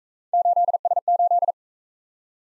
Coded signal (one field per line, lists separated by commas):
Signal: Morse code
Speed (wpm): 39 wpm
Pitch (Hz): 700 Hz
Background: none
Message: 8S8